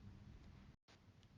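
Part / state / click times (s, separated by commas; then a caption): Ethernet cable plug into the hub's Ethernet port / not seated / none. The plug on the other end of an Ethernet cable is handled at the Ethernet port of a geo Waterlock leak-detection hub, and it has not seated or clicked yet. Steady low background noise runs throughout, broken by a brief dropout to near silence around 0.8 s and a faint soft tick at about 1.2 s.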